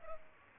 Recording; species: mosquito wingbeat signal from an infrared sensor; Culex pipiens